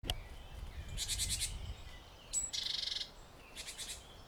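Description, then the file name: Great tit giving harsh, rasping churr bursts, with a short thin high note between them and low rumbling background noise. "Parus major"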